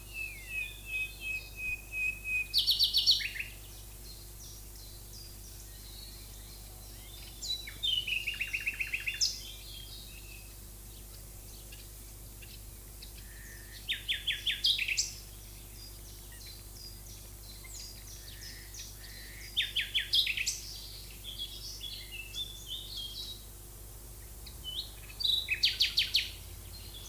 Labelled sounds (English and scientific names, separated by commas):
Common Nightingale (Luscinia megarhynchos) song